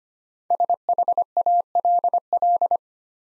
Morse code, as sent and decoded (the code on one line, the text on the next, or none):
... .... .- .-.. .-..
SHALL